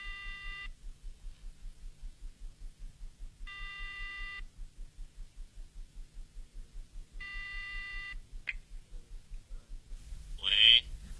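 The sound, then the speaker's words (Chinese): A telephone line, called late at night from a phone booth at the Ningbo telecommunications office, rings back in three buzzy, evenly spaced tone bursts over a low rhythmic pulse, followed by a click and a brief warbling electronic tone. “你老兄这么晚打电话有什么事吗？”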